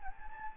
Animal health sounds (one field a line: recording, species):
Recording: mosquito wingbeat signal from an infrared sensor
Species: Anopheles gambiae